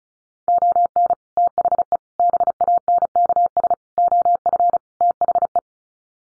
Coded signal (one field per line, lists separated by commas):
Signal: Morse code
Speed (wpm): 34 wpm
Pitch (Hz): 700 Hz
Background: none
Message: ON THE BANKS OF THE